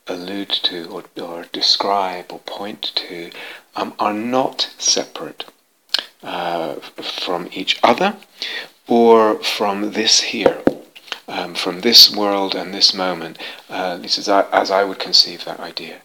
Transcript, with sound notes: allude to or describe or point to are not separate -- from each other, or from this here, [taps on something] from this world and this moment, at least as I would conceive that idea.